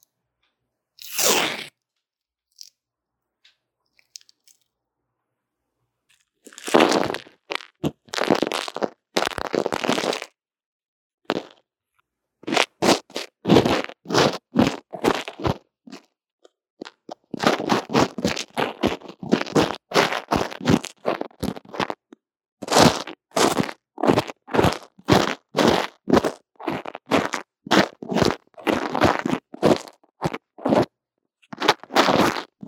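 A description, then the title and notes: Lo-fi scratching and brushing strokes, like drawing or applying makeup, picked up by a small earphone mic. After a brief stroke and a quiet pause, dense bursts of short, crunchy rubs arrive in rapid clusters from about seven seconds on, with brief gaps between runs. 各種玩弄線麥!! Lo-fi Earphone Mic drawing & Makeup | No Talking.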